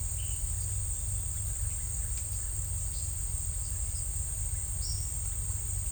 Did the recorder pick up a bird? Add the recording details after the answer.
yes. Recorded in secondary vegetation near Puerto Asís, Putumayo, Colombia, on 26 December 2024 at 16:30. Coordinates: 0.499, -76.323. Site G010